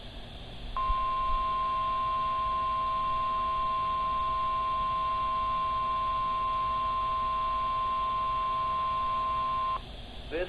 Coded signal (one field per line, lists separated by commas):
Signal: Emergency Alert System (SAME) tones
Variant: 1050 Hz attention tone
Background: speech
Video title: Summer 2022 EAS Captures (EAS 125-139)